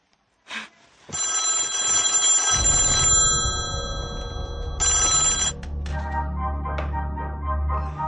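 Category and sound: signal or alarm, telephone ringing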